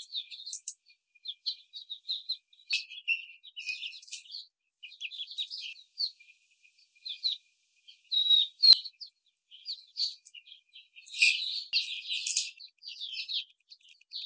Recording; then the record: young laying hens in a cage, short pieces joined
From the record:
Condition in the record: after the stressor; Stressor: simulated dog barking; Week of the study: 4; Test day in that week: 2